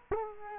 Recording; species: mosquito wingbeat signal from an infrared sensor; Culex quinquefasciatus